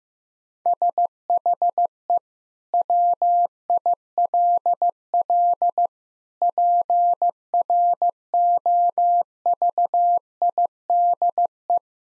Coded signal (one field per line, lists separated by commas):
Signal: Morse code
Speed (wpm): 15 wpm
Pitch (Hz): 700 Hz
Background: none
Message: SHE WILL PROVIDE